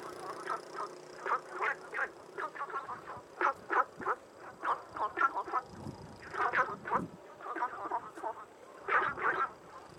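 Frogs croaking in a busy chorus, clusters of short rasping notes tumbling over each other with brief pauses between bursts.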